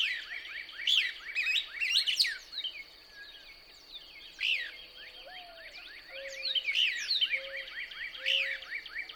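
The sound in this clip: Couch's Kingbird song: twittering clusters of sharp, descending high notes in two bursts, with soft low whistled notes and a constant thin high tone behind.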